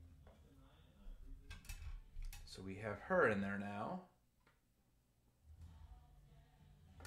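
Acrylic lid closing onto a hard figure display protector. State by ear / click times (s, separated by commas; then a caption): not seated / none. A vinyl figure sits inside a hard acrylic display protector while the lid or front panel is handled toward closing, with light taps and clicks of plastic around 1.7 s and 2.3 s as someone talks. The lid has not yet snapped into place by the end of the clip; nothing has seated or clicked yet.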